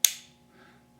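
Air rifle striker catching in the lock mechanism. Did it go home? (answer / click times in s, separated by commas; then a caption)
yes / 0.0 s. The lock of a replica Girardoni air rifle is cocked slowly by hand. A single sharp click at 0.05 s marks the striker catching and engaging in the lock mechanism, the first of three expected clicks. A faint, quiet tail follows.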